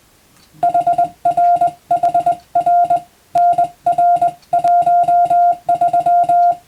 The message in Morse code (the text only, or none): HRHR NR13